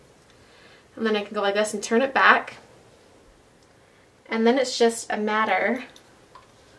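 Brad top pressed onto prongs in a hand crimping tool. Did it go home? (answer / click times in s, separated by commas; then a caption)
no / none. A brad top is set onto prongs in a hand crimping tool and the tool is turned back into position, while someone talks over the handling. A faint short sound comes at about 6.4 s. Nothing has seated or clicked yet; the press that makes the brad catch with a click has not happened.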